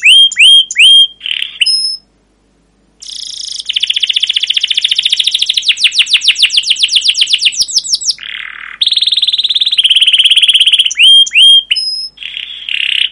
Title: CUIT CUIT NGEROL LANGSUNG GACOR PANJANG Kenari Pancingan. Masteran Suara Burung Kenari Gacor Panjang cuit cuit Ngerol untuk Pancingan Kenari